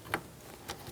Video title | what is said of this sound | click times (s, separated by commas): How to Install AC Compressor & Component Kit 1988-1999 GMC K1500 5.7L V8 | push until you hear a click | 0.1 s